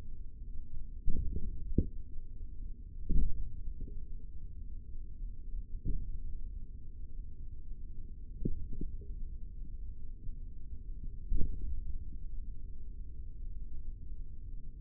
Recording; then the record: forearm muscle sounds (acoustic myography)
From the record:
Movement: hand closing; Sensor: system 3, bracelet of six PUI Audio POM-2738L microphones around the upper forearm, with dedicated amplification and filtering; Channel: 6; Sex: male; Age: 25 years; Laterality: right